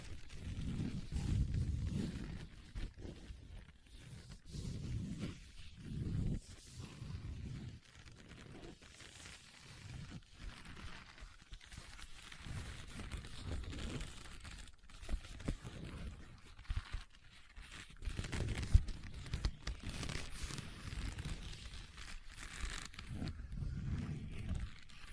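Leather being tapped and scratched, with soft rubbing and scraping throughout and brief sharp taps scattered across the clip. Low, dull thumping swells come and go in bursts, strongest near the start and around the middle and end, over a quiet, fairly steady background.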